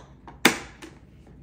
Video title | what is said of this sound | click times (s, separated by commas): Ingenuity InLighten 5-Speed Baby Swing Review – Easy Assembly & Features Tested! | This just snaps in place like so. | 0.5 s